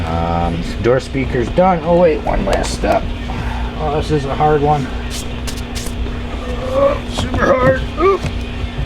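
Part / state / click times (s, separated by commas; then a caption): speaker grille into car door panel / not seated / none. Someone talks while handling a plastic speaker grille, about to press it into the door panel of a 1985 C4 Corvette over the new door speaker, with a steady low hum underneath. Nothing has seated or clicked yet; the grille is not yet home when the clip ends.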